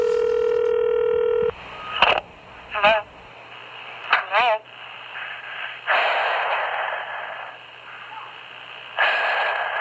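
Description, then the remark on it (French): A telephone is dialed as a rapist phones his very first victim in Sacramento County on 2 January 1978: a steady electronic tone sounds for over a second, then short chirps and wavering bursts follow, and a loud hiss of line static runs through the rest. “Le 2 janvier 1978, le comble de l'horreur est atteint lorsqu'il téléphone à sa toute première victime.”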